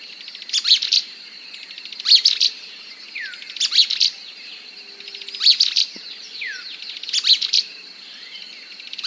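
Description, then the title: Mouse-colored tyrannulet calls: quick stuttering clusters of sharp notes repeated at a steady pace, with a continuous high whine behind them. Nominate subspecies Phaeomyias murina murina. "LuckyPassaro Completos2Sama. Mouse-colored Tyrannulet (Phaeomyias murina murina)"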